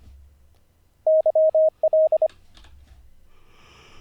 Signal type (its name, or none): Morse code